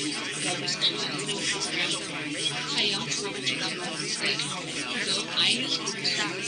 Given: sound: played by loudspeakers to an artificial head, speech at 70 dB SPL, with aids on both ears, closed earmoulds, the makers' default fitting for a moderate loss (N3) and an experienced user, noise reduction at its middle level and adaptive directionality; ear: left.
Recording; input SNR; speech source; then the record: speech test signal (ISTS) in cocktail-party noise; -6 dB; on the right (90 degrees)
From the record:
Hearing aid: class 2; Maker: A